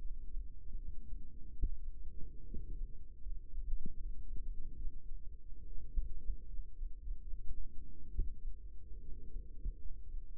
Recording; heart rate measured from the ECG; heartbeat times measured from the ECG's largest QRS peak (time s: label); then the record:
heart sounds by microphone in the right ear; 73 bpm
0.00 s: heartbeat
0.78 s: heartbeat
1.62 s: heartbeat
2.47 s: heartbeat
3.21 s: heartbeat
3.96 s: heartbeat
4.77 s: heartbeat
5.68 s: heartbeat
6.48 s: heartbeat
7.23 s: heartbeat
8.10 s: heartbeat
9.01 s: heartbeat
9.80 s: heartbeat
From the record:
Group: healthy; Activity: rest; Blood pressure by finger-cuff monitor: 135/54 mmHg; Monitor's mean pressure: 78 mmHg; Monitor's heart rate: 74 bpm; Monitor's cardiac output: 8.7 L/min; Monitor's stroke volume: 118 mL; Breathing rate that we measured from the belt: 18 breaths a minute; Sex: female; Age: 22 years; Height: 160 cm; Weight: 63 kg